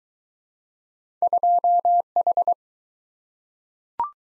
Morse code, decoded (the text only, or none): 2H